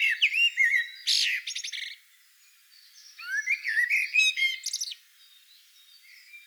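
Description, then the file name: Eurasian blackbird giving two dense bursts of high squeaky twitters and chatter, split by a short quiet gap. "Turdus merula"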